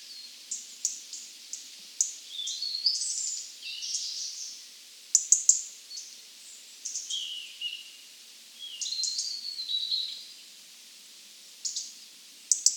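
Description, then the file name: European robin song, varied high warbling phrases mixing thin drawn whistles, sharp ticks and rapid twittering, delivered in bursts separated by short pauses. "Erithacus rubecula"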